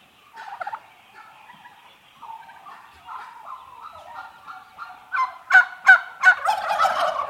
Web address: interior eight month old turkeys mostly hens females